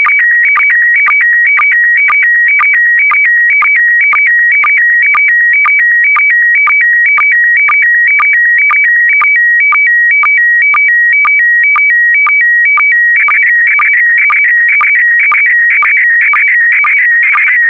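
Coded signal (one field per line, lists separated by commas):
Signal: SSTV (slow-scan television)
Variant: PD120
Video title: (01 of 12) ISS Expedition 67 - MAI-75 April 2022 - Retransmission SSTV PD120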